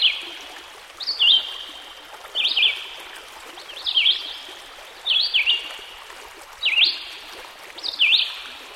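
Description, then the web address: Red-eyed Vireo song, short whistled phrases with up-and-down slurs repeated about every 1.3 seconds, over a steady rushing stream. By a stream. "Dan Gibson Songbirds By The Stream. Red - Eyed Vireo"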